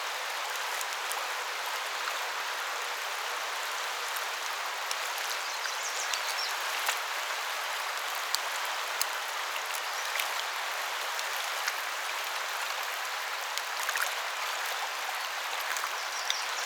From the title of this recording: Birds Congregating Over a Stream